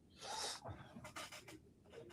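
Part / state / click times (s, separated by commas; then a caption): plastic building brick part onto the train model / not seated / none. A plastic building brick part is pressed and worked onto a plastic brick train model, making a long broadband rubbing scrape followed by shorter scraping bursts around 1.0 and 1.5 seconds. The part does not latch, and nothing has seated or clicked yet.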